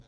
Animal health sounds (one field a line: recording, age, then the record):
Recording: pig call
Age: piglet (1 to 25 days)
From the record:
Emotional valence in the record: positive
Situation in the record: short reunion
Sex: male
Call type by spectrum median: low-frequency call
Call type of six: low-frequency tonal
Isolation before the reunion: 3 minutes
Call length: 0.08 s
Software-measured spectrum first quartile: 99 Hz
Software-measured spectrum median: 271 Hz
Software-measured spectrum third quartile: 1580 Hz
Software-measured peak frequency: 123 Hz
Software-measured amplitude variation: 15 dB a second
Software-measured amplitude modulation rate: 12.5 a second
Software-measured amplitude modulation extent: 1.2 dB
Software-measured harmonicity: 4.2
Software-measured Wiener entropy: -1.43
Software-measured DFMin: 1097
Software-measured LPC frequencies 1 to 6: 1501, 2330, 3517, 5637, 6322, 9495 Hz